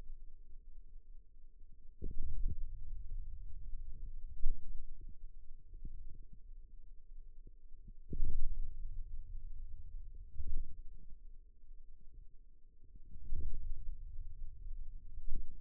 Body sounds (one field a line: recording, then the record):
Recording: forearm muscle sounds (acoustic myography)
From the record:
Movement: ulnar deviation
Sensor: system 2, bracelet of six BSWA MPA416 microphones around the upper forearm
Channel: 2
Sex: male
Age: 22 years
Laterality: right